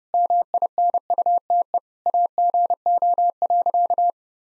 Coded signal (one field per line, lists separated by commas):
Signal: Morse code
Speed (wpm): 28 wpm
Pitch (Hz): 700 Hz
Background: none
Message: MINUTE AGO.